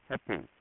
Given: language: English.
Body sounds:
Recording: throat vibration sensor signal played as sound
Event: speech

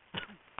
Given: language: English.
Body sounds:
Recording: throat vibration sensor signal played as sound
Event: cough

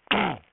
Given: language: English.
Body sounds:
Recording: throat vibration sensor signal played as sound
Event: throat clearing

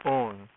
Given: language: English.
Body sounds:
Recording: throat vibration sensor signal played as sound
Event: speech

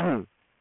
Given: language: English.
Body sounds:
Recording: throat vibration sensor signal played as sound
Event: throat clearing

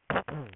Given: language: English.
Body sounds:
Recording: throat vibration sensor signal played as sound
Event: throat clearing

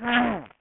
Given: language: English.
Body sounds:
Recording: throat vibration sensor signal played as sound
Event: throat clearing

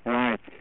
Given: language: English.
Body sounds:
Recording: throat vibration sensor signal played as sound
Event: speech

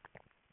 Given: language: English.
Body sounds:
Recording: throat vibration sensor signal played as sound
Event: swallow

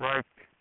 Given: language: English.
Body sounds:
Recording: throat vibration sensor signal played as sound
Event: speech

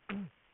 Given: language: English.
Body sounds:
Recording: throat vibration sensor signal played as sound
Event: throat clearing

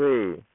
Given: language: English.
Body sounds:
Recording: throat vibration sensor signal played as sound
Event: speech

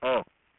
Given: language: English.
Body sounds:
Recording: throat vibration sensor signal played as sound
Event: speech

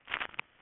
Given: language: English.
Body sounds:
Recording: throat vibration sensor signal played as sound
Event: swallow

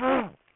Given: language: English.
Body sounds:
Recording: throat vibration sensor signal played as sound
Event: throat clearing

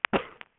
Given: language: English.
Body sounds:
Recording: throat vibration sensor signal played as sound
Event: cough

